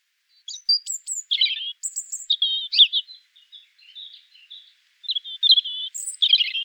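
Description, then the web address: European Robin delivering a long string of varied notes: high whistles, scratchy twitters and soft trills in quick succession, without background noise. "erithacus rubecula call"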